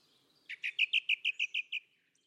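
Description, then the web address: Bird calling a quick series of nine short, bright chirps at a steady pace, evenly spaced, in otherwise quiet surroundings. "cianscape birddata Deverinetal 2025. Bird Only"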